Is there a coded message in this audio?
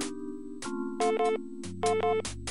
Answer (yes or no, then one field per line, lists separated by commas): no